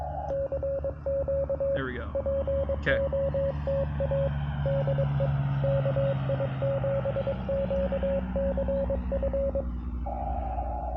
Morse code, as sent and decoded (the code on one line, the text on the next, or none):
-.-. --.- / .--. --- - .- / -.. . / -.- .. --... --.- -.-. ..-.
CQ POTA DE KI7QCF